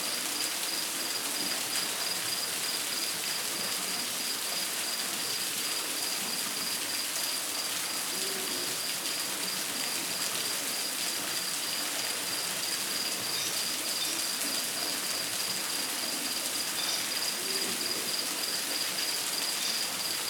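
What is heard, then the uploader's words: Rainforest ambience made of a dense, steady hiss like rainfall that never lets up across the twenty seconds. A thin, high, constant tone runs beneath it throughout, and a few soft low calls, like hoots, surface briefly around the middle and near the end. Relaxing Rainforest Ambient Sounds.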